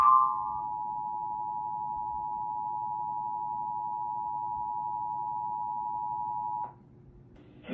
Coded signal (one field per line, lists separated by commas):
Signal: Emergency Alert System (SAME) tones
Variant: 853 and 960 Hz attention tone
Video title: Oklahoma County Severe Thunderstorm Warning eas#3 #eas #emergencyradio